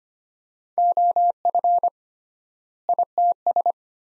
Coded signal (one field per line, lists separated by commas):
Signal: Morse code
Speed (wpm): 25 wpm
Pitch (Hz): 700 Hz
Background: none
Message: OF ITS